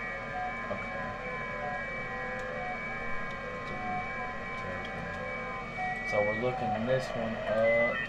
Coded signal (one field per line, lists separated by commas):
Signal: FT8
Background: speech